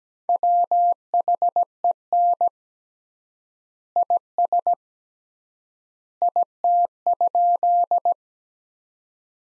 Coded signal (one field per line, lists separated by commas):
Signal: Morse code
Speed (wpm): 17 wpm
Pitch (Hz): 700 Hz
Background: none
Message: WHEN IS IT?